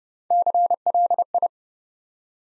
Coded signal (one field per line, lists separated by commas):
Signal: Morse code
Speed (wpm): 30 wpm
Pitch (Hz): 700 Hz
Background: none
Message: CLI